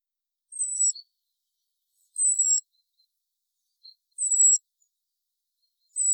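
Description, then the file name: European robin giving high, thin, sharply pitched call notes, one roughly every two seconds, each short and slightly falling, against a quiet background. "Erithacus rubecula"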